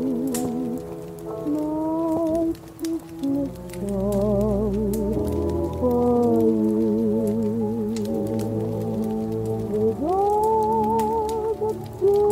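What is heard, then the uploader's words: Christmas oldies play from another room, heard as muffled, mellow music with the high end dulled. Sustained voices or strings swell with wavering vibrato over a soft low accompaniment, with a rising slide near ten seconds. Faint, scattered ticks and crackles run throughout. Christmas oldies playing in another room.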